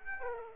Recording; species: mosquito wingbeat signal from an infrared sensor; Aedes aegypti